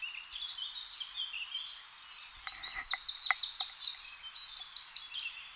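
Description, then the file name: Eurasian wren singing a high, rapid string of sharp notes and trills, shifting between phrases. "Troglodytes troglodytes"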